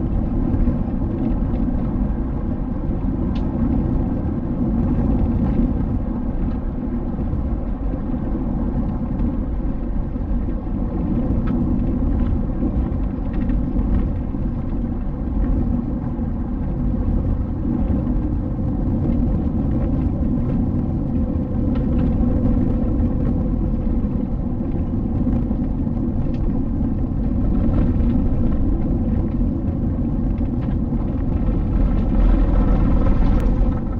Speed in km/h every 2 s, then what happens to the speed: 80, 80, 80, 79, 76, 75, 74, 70, 67, 65, 64, 64, 67, 59, 57, 55, 50.
0-5 steady at about 80. 5-19 slows to 64. 23-34 slows to 50.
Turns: none.